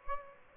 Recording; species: mosquito wingbeat signal from an infrared sensor; Aedes aegypti